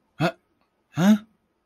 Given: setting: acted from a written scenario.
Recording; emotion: vocal sound without words; confusion